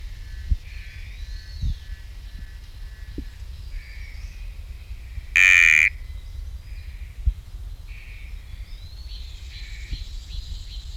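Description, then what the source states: Sticky frog: one strong, rasping, buzzy note near the middle, surrounded by a steady high chorus of chirping insects or frogs and scattered clicks. Recorded at Camp IV; genus Kalophrynus, species not identified.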